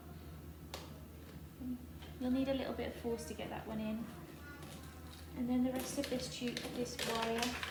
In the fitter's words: and the lip will go underneath the catch you'll hear a click